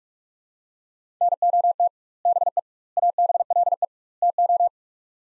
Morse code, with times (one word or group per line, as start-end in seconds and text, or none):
1.2-1.9 NOT
2.3-2.6 BE
3.0-3.9 ABLE
4.2-4.7 TO